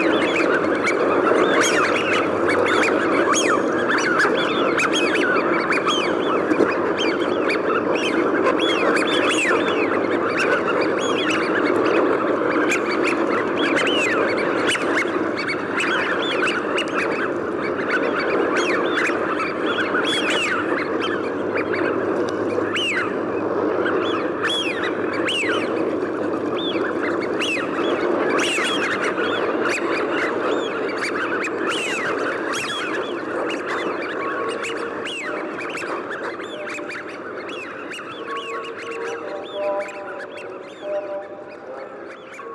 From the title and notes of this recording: All on a winter’s afternoon, just as the light was fading. A winter afternoon on the marshes, with the temperature falling and the light fading, and rooks and jackdaws returning to roost.